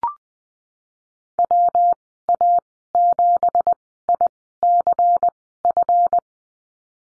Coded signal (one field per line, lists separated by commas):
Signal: Morse code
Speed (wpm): 20 wpm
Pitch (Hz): 700 Hz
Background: none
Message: WA7ICF